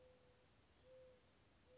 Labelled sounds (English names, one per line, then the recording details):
Mourning Dove
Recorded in Sonoma County, California